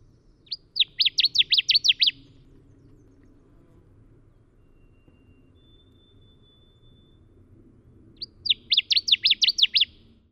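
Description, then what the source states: Connecticut warbler song, two loud bursts of about eight rapid, emphatic repeated chirpy notes, the second burst coming roughly eight seconds after the first, over a quiet low hum. North American bird; several songs.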